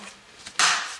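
A plastic blower tube (nozzle) is being pushed onto the outlet of a Milwaukee Gen II M18 cordless leaf blower. A faint tap at about 0.5 s is followed by a loud, bright handling noise at 0.6 s that fades out by the end. Nothing has seated or clicked into place yet.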